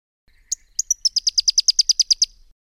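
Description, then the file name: Pyrrhuloxia call: a brisk string of many high, clipped, downslurred notes in an even rattle-like run. "suara-panggilan-burung-pyrrhuloxia-1-omkicau"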